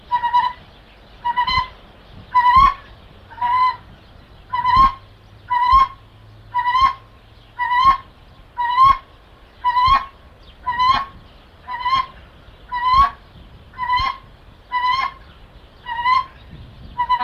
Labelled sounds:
White-winged Duck (Asarcornis scutulata) call
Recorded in captivity
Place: Zoo Jersey, JE
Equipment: Halbspur, 9,5 cm/s
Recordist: Lütgens, Hans
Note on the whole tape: Rufe

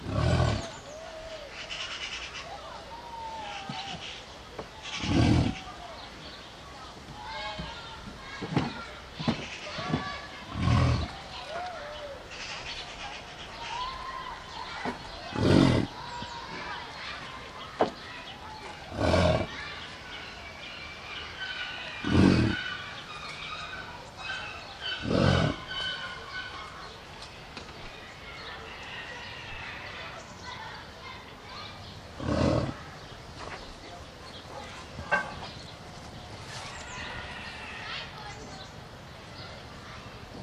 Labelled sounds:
American Bison (Bison bison) call
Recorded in captivity
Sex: male
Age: adult
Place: Zoo Berlin, Berlin, DE
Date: 1989-07-17
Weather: partly sunny, 12-16°C
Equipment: Sony WM-D6C, Kopie Tesla B 116
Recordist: Tembrock, Günter
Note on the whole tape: Starke Laute eines einzelnen Männchen

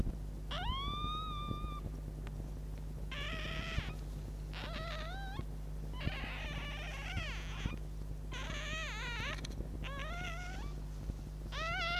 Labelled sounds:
Red Fox (Vulpes vulpes)
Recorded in captivity
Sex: diverse
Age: juvenile
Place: Zoologisches Institut der HUB, Berlin, DE
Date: 1956-04-02 13:30
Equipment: Elmetra
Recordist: Tembrock, Günter
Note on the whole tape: Zenzi-Welpen: Quärren (laut Ansage), Wispern, Einschlaflaute

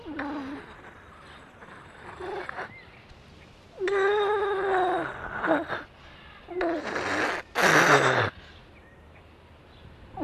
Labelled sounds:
Grey Seal (Halichoerus grypus)
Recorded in captivity
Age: juvenile
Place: Zoo Rostock, Mecklenburg-Vorpommern, DE
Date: 1966-05-24 14:30
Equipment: Uher 4200 Report Monitor, Sennheiser MD 421, Transistorverstärker 2
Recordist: Tembrock, Günter
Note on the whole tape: Jungtier: Laute während der Pfleger "am Bauch krault". Im Zoo am 29.1.1966 geborenen und anfangs von der Mutter aufgezogen. Abstand ca. 50 cm. Aufnahmen zwichen 14.30 und 16.00 Uhr

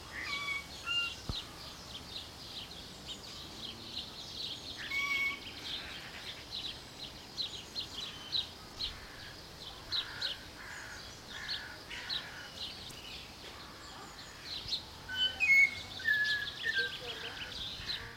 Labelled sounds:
Golden Myna (Mino anais)
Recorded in captivity
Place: Zoo Berlin, Berlin, DE
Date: 1992-06-06 12:05
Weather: sonnig, 24-28° C
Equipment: Nagra SN, Mikrofon AKG CK 8, Kopie Tesla B 116
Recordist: Tembrock, Günter

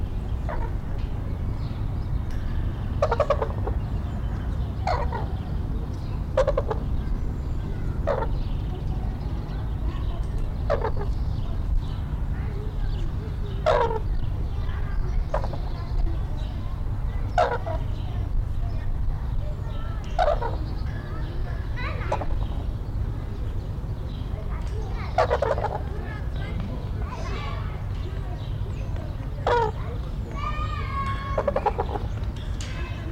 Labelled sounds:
Red-crowned Crane (Grus japonensis) call
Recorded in captivity
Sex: pair
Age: adult
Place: Zoo Berlin, Berlin, DE
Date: 1994-04-16 12:55
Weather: heiter, 7-12°C
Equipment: Marantz CP 430, Sennheiser ME 80, Kopie Uher Variocord 263
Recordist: Tembrock, Günter

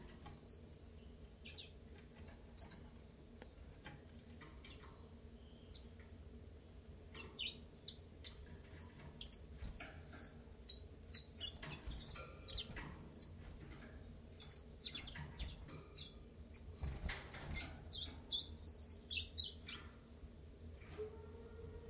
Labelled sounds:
Common Chiffchaff (Phylloscopus collybita)
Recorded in captivity
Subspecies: collybita
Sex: male
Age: adult
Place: Zoologisches Institut Universität Tübingen, Baden-Württemberg, DE
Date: 1963-03-06
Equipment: LGS26
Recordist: Schneider, Hans-Joachim

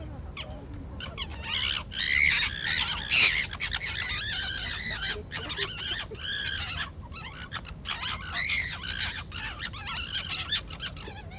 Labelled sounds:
Corsac Fox (Vulpes corsac)
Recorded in captivity
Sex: group
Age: subadult
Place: Tierpark Berlin, Berlin, DE
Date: 1962-09-03 19:30
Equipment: Minifon, Kopie Smaragd
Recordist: Tembrock, Günter
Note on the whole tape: Diesjährige Jungtiere (schon annähernd ausgewachsen - geboren am 27.03.1962): Laute bei Begegnung, Drohliegen, Drohwälzen, Aufstellen, Pfotenheben, Hinterteilzukehren, Schwanzwurzelfassen. Keckern (hell/dunkel), Drohwinseln, Knätschen u.ä. Lautformen. Abstand ca. 1-2 m

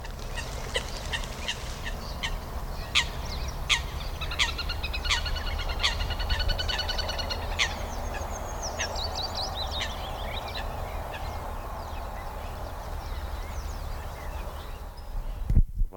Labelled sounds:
Eurasian Coot (Fulica atra) call, Little Grebe (Tachybaptus ruficollis)
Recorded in the wild
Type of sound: call, call sequence
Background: Tachybaptus ruficollis
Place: Karower Teiche, Naturpark Barnim, Berlin, DE
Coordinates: 52.63, 13.46
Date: 1995-04-23 20:05
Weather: heiter, 20°C
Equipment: Marantz CP 430, Sennheiser ME 80, Kopie Uher 4000 Report Monitor
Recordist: Tembrock, Günter
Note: Rufe

